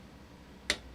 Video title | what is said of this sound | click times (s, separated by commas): (re)Building a Macintosh SE (or two) | until you hear that little click. | 0.7 s